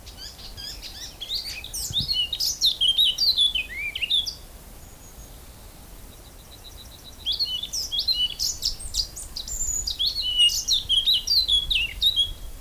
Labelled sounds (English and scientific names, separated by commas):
Eurasian Blackcap (Sylvia atricapilla) song